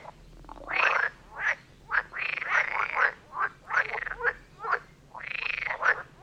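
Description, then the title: Frogs croaking in overlapping rounds, drawn-out rasping croaks mixed with shorter clipped ones, coming in waves roughly every second. Chorus of frogs near Vellerner Brook in Neubeckum, recorded at 2pm in stereo. "Frog concert near Vellerner Brook in Neubeckum - 2pm"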